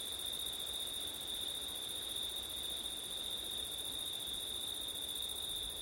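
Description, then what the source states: Steady high-pitched cricket trilling runs the whole way through, over a soft hiss. Crickets on a September night, with wind; ortif recording.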